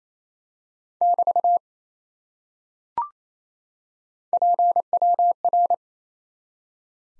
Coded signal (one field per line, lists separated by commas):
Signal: Morse code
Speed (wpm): 28 wpm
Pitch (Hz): 700 Hz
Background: none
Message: <BT> PWR